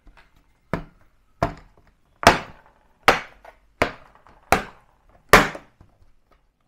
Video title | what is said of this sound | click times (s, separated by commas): How to Upgrade Laptop SSD? Lenovo LOQ 15IRX9 SSD Upgrade Guide - SSD & RAM Upgrade - Gizmobeep | so you need to hear the clicking sound which goes with these covers | 1.4 s, 2.3 s, 3.1 s, 3.8 s, 4.5 s, 5.3 s